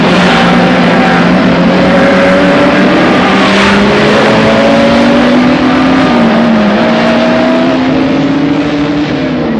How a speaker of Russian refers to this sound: Судья дает отмашку флагом, спортсмены мчатся к автомобилю. Автомобили срываются с места, и большую блестящую полосу изо всех сил несутся вперед.